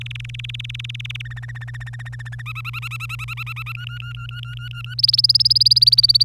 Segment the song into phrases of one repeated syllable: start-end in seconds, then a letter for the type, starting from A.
0.00-1.22 A, 1.25-2.42 B, 2.46-3.72 C, 3.75-4.94 D, 4.98-6.23 E